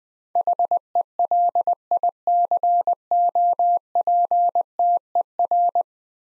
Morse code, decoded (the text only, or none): HELICOPTER